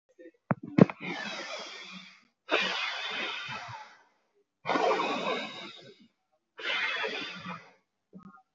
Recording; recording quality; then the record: shallow breathing; excellent, no background noise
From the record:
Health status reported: healthy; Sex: male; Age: 24 years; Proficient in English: yes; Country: India